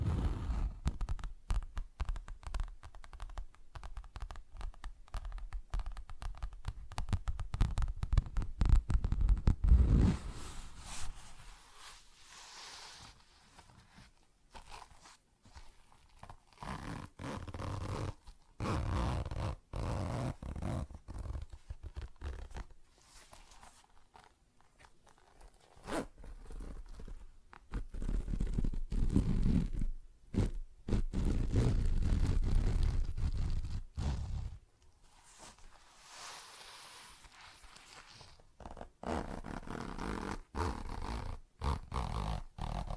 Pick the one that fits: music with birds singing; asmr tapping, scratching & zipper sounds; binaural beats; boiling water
asmr tapping, scratching & zipper sounds